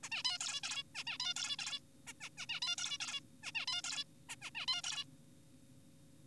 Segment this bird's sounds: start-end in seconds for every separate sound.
0.03-0.09, 0.12-0.23, 0.25-0.39, 0.41-0.61, 0.63-0.83, 0.95-1.04, 1.07-1.18, 1.20-1.34, 1.36-1.56, 1.59-1.79, 2.07-2.13, 2.21-2.29, 2.38-2.46, 2.49-2.60, 2.62-2.76, 2.78-2.98, 3.00-3.20, 3.43-3.52, 3.55-3.66, 3.68-3.82, 3.84-4.04, 4.29-4.36, 4.42-4.51, 4.55-4.66, 4.68-4.82, 4.84-5.04